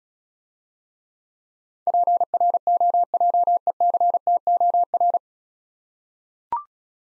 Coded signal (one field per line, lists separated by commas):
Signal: Morse code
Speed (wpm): 36 wpm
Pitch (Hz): 700 Hz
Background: none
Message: PROJECTOR